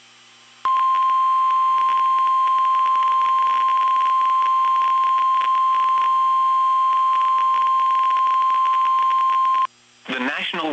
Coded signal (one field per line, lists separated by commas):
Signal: Emergency Alert System (SAME) tones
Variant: 1050 Hz attention tone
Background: speech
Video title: NOAA Weather Radio - Severe Thunderstorm Warning KIG79 Nashville, TN